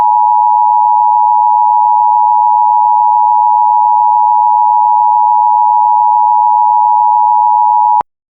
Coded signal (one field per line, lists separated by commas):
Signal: Emergency Alert System (SAME) tones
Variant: 853 and 960 Hz attention tone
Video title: EAS Scenario #2: Calamity Ganon